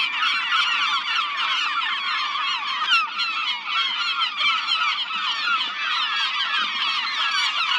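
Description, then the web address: Gulls, a noisy unbroken chorus of high, wailing and yelping cries from many birds at once, holding a steady level throughout. "seagulls"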